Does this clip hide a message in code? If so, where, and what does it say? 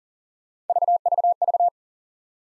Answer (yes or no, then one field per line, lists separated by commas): no